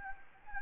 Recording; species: mosquito wingbeat signal from an infrared sensor; Anopheles gambiae